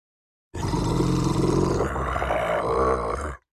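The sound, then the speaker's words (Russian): A deep, bass-heavy monster roar bursts in and holds loud and steady for about three seconds, rough and growling, with its tone shifting partway through before it cuts off. No voices. “Басовитое рычание огласило округу.”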